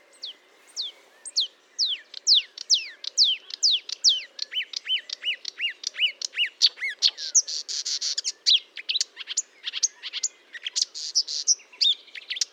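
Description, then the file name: Marsh warbler song: a rapid, varied stream of sharp downslurred whistles that shifts into dense buzzy, scratchy chatter, with hardly a pause between notes. Recorded at Fourneau, Fontaine-Française, France, on 1 June 2022 at 10:55, using a Nagra recorder with a Telinga dish. "Rousserolle verderolle 1055 Fontaine-Francaise-Fourneau"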